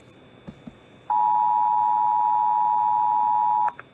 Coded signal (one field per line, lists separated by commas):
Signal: Emergency Alert System (SAME) tones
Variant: 853 and 960 Hz attention tone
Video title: Countryballs react at their EAS alarms